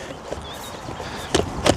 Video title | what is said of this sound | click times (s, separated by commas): ★ MOONCOOL TK1 FOLDING ELECTRIC TRIKE REVIEW ★ | and it just locks into place. | 1.4 s, 1.7 s